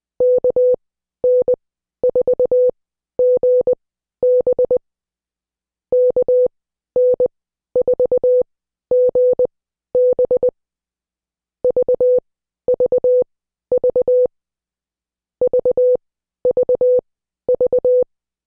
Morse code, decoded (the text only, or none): KN4GB KN4GB VVV VVV